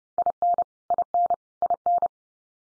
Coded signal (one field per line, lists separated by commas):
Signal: Morse code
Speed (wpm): 30 wpm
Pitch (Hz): 700 Hz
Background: none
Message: IN IN IN